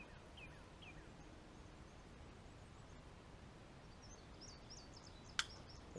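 A 5.56 barrel is fitted into a Tavor SAR bullpup rifle receiver and its lock lever is moved back to the locked position, over steady outdoor background noise with faint chirping bird calls. One sharp click sounds at 5.4 s as the barrel locks in, and it is now seated.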